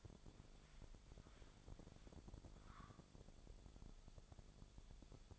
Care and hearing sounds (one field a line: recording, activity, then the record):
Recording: daily activity, microphone in the room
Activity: walk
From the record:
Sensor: 5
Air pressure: 1000.6 hPa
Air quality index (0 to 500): 136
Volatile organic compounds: 2 ppm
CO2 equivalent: 1064 ppm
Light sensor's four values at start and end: 48/111/46/49 and 48/112/46/49